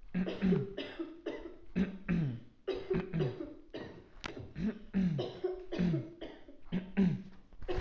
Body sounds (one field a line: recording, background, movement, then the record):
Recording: throat clearing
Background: a bystander coughing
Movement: sitting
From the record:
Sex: male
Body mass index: 20.5 kg/m2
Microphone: on the chest, facing outward